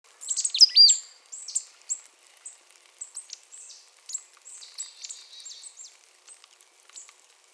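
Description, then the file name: Marsh tit calling: a rapid burst of high, sharp downslurred notes at first, then a steady chatter of thin, buzzy notes that fades toward the end. "Poecile palustris"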